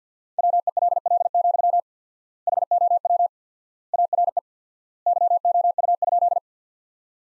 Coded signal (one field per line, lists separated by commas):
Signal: Morse code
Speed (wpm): 50 wpm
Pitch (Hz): 700 Hz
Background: none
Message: WELL, HOW ARE YOU?